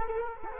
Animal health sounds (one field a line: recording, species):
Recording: mosquito wingbeat signal from an infrared sensor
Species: Culex quinquefasciatus